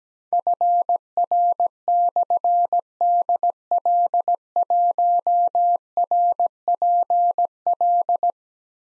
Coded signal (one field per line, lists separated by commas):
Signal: Morse code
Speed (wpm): 17 wpm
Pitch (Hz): 700 Hz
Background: none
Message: FR/DL1RPL